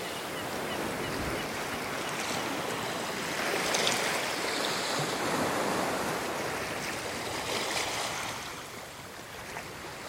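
Steady rushing wash of beach surf fills the clip, swelling slightly around four to six seconds, then easing and softening near the end.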